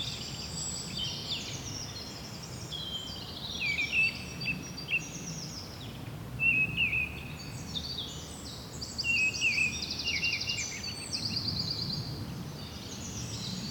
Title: Rue du Rossignol 7, 7180 Seneffe, Belgique - Birds ambience